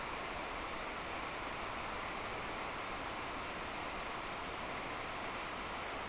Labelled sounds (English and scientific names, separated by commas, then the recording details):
none
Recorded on Arctic tundra, site NAIT-1, on 26 June 2018
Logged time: 09:00